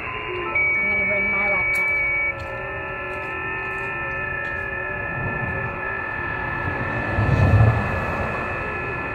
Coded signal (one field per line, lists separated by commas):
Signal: FT8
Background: speech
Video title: Chameleon Remote Tuner - Ham Radio F-Loop Antenna